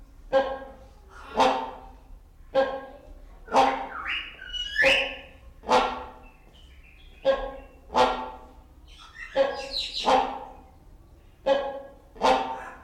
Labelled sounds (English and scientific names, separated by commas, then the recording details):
Common Hill Myna (Gracula religiosa)
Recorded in captivity
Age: adult
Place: Zoo Berlin, Berlin, DE
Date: 1994-03-26 11:22
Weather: 4-5°C, bedeckt, z.T. Regen
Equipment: Marantz CP 430, Sennheiser ME 80, Kopie Uher Variocord 263
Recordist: Tembrock, Günter